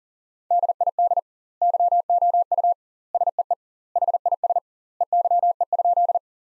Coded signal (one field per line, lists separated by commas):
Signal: Morse code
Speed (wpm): 40 wpm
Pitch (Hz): 700 Hz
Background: none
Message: DID YOU SEE HIS EYE?